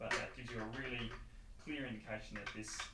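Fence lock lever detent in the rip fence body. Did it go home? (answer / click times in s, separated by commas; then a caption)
no / none. Someone talks while handling the cam lock lever on a Sherwood replacement rip fence for a Delta 36-650 table saw, where a small spring bearing in the fence body drops into one of two detent positions to give a clear indication that the fence is locked. Nothing has seated or clicked yet.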